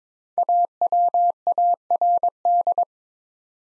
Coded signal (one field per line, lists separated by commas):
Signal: Morse code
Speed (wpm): 22 wpm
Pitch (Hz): 700 Hz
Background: none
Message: AWARD